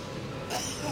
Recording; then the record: coughing mixed with background sound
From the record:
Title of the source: Dry Afternoon Cough